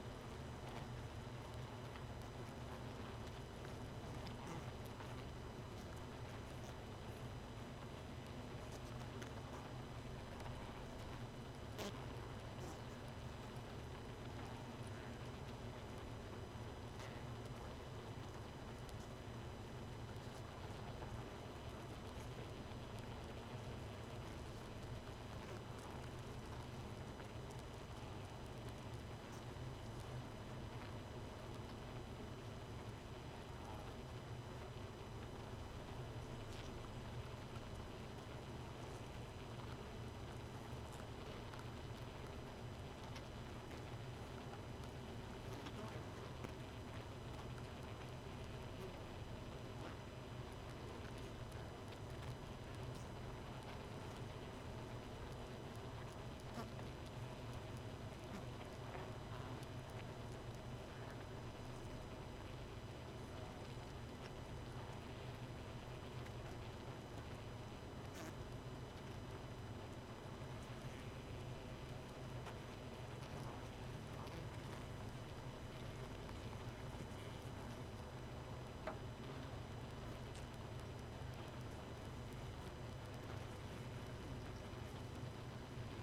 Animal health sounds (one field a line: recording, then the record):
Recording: honeybee colony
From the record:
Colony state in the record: missing queen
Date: 31 May 2018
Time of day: 1:25